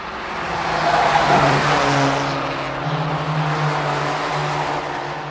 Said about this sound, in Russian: Машина, покачиваясь и вздрагивая, летела в однообразном мраке по широкой магистрали, легко обходя попутный транспорт.